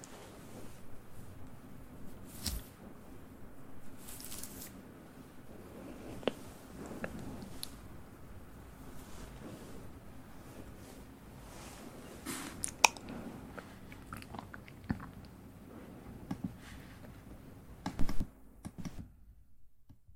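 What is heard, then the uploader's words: Soft mouth sounds: quiet wet clicks and smacks scattered irregularly over a low murmur, busier around thirteen and eighteen seconds, then silence. ASMR Soft Mouth Sounds.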